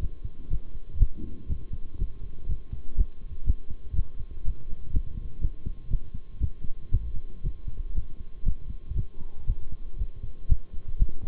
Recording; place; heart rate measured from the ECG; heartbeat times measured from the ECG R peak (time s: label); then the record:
heart sounds by stethoscope; between the tricuspid and mitral areas; 120 bpm
0.00 s: heartbeat
0.50 s: heartbeat
0.99 s: heartbeat
1.49 s: heartbeat
1.99 s: heartbeat
2.48 s: heartbeat
2.97 s: heartbeat
3.46 s: heartbeat
3.95 s: heartbeat
4.44 s: heartbeat
4.93 s: heartbeat
5.41 s: heartbeat
5.90 s: heartbeat
6.40 s: heartbeat
6.91 s: heartbeat
7.43 s: heartbeat
7.95 s: heartbeat
8.45 s: heartbeat
8.96 s: heartbeat
9.47 s: heartbeat
9.98 s: heartbeat
10.49 s: heartbeat
10.99 s: heartbeat
From the record:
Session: bicycle stress test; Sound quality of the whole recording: good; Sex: male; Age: 23 years